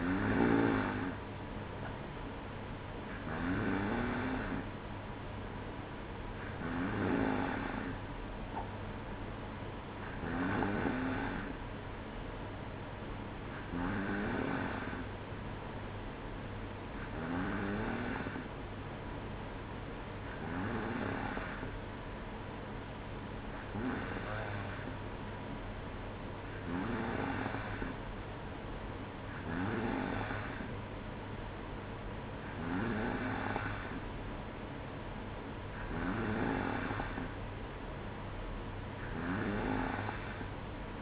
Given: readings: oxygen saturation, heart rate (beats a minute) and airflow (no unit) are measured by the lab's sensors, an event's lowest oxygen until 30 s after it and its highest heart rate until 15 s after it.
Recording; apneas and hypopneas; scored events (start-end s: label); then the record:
breathing in sleep by a voice recorder at the bedside; none
none scored
From the record:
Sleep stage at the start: N2 (light sleep); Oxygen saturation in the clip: 93 to 94%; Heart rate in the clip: 59 to 62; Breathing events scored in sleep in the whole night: 305 in 9.6 hours asleep